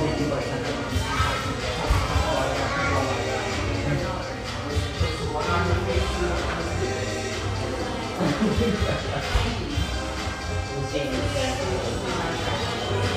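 A busy coffee shop in Sellwood, Portland, fills with overlapping conversation that never lets up. The steady murmur of many voices is thick and even in loudness, with small clinks, shuffles and brief bright sounds popping through every second or two.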